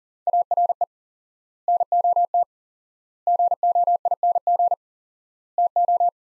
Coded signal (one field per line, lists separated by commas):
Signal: Morse code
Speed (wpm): 40 wpm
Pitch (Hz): 700 Hz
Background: none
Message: ARE NOT GOING TO